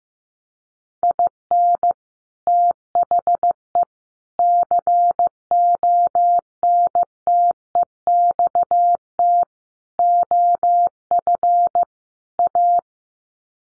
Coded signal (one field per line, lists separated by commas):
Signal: Morse code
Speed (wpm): 15 wpm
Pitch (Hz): 700 Hz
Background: none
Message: IN THE CONTEXT OF A